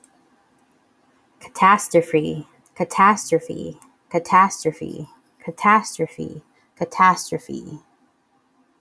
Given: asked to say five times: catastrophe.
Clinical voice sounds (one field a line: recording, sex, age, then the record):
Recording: repeated word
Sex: female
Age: 30 to 39 years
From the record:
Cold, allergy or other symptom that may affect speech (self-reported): no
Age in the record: 30 years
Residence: Minnesota, United States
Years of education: 15